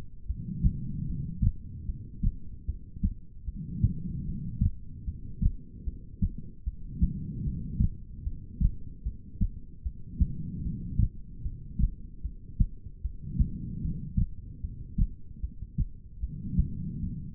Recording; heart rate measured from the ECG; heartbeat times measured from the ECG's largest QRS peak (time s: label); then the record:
heart sounds by stethoscope; 75 bpm
0.27 s: heartbeat
1.06 s: heartbeat
1.86 s: heartbeat
2.66 s: heartbeat
3.45 s: heartbeat
4.25 s: heartbeat
5.05 s: heartbeat
5.84 s: heartbeat
6.64 s: heartbeat
7.44 s: heartbeat
8.24 s: heartbeat
9.03 s: heartbeat
9.83 s: heartbeat
10.62 s: heartbeat
11.42 s: heartbeat
12.22 s: heartbeat
13.01 s: heartbeat
13.81 s: heartbeat
14.61 s: heartbeat
15.41 s: heartbeat
16.20 s: heartbeat
17.00 s: heartbeat
From the record:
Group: heart failure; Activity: rest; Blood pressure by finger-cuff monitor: 111/84 mmHg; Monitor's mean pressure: 94 mmHg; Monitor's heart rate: 75 bpm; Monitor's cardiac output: 4.4 L/min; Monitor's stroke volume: 58 mL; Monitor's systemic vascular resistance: 1560 dyn s/cm5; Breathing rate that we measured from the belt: 19 breaths a minute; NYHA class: 2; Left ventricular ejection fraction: 58%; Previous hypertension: present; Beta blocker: bisoprolol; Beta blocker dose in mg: 5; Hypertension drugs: ramipril, spironolactone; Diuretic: furosemide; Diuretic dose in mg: 160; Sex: female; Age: 55 years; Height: 155 cm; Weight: 67 kg